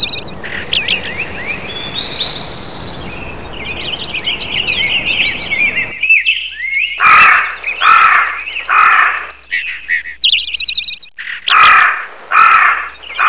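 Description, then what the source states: Birds calling: high twittering chirps at first, then louder harsh bursts of calls with short gaps between them. Jungle birds.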